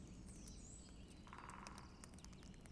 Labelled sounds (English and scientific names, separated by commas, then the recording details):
Great Spotted Woodpecker (Dendrocopos major)
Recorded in Germany
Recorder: ecoPi